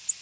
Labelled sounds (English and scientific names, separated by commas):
Ovenbird (Seiurus aurocapilla) flight call